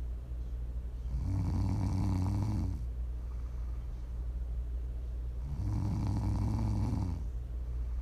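An adult snoring while asleep: two long, low-pitched, rumbling snores about four seconds apart, each lasting roughly one and a half seconds, with quieter breathing between them.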